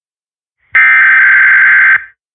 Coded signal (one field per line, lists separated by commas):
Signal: Emergency Alert System (SAME) tones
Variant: header bursts